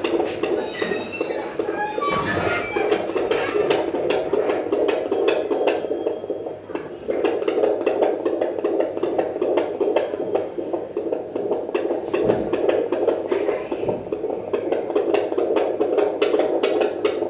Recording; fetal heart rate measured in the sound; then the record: fetal heartbeat by stethoscope microphone, probably a fetal Doppler's sound; 151 bpm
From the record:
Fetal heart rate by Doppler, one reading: 149 bpm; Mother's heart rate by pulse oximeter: 94 bpm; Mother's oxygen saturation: 100%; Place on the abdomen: bottom middle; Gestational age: 37+ weeks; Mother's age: 24 years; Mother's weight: 65 kg